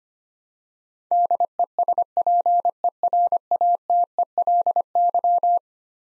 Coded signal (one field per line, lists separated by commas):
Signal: Morse code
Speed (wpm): 25 wpm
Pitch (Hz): 700 Hz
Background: none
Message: DESPERATELY